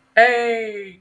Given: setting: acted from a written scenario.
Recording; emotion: vocal sound without words; positive surprise